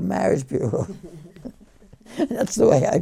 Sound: they laugh

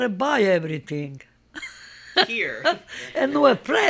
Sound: she laughs

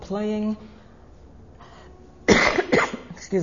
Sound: she cough

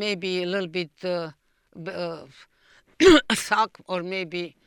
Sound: she coughs

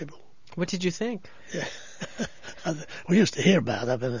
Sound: he laughs

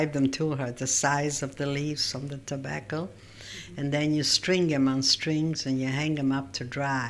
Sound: none

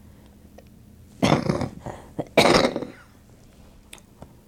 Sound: coughs

